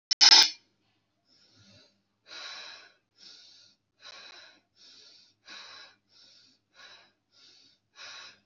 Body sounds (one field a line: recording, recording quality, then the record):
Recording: shallow breathing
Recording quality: excellent, no background noise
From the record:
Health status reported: respiratory illness, not identified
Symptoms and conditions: hypertension, diabetes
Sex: male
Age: 31 years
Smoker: not ticked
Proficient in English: yes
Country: India